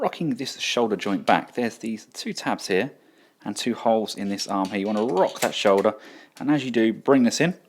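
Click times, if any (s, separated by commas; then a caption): none. Someone talks while handling a GCreation Shuraking SRK-04 Blade (Transformers Dinobot Swoop) figure, rocking the shoulder joint back and bringing in the plastic arm so its two tabs line up with two holes in the shoulder section. The arm is only handled and moved into position; nothing has seated or clicked yet.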